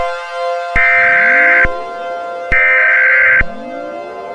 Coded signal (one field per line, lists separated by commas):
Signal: Emergency Alert System (SAME) tones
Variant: header bursts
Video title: EAS MinI Scenario: The Labor Day Asteroid Impact: an Early Back to School Special